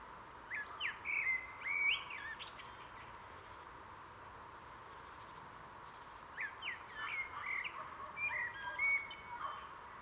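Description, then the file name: Common blackbird singing two whistled phrases mixed with squeaky high notes, separated by a pause of several seconds, over constant background noise. "Turdus merula"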